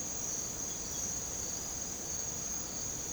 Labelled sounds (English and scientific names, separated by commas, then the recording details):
none
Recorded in secondary vegetation near Puerto Asís, Putumayo, Colombia, on 18 December 2024 at 02:30
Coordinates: 0.489, -76.322
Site G059